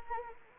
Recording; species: mosquito wingbeat signal from an infrared sensor; Anopheles arabiensis